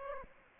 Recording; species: mosquito wingbeat signal from an infrared sensor; Aedes aegypti